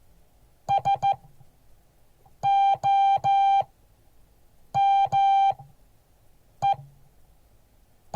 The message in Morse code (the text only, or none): SOME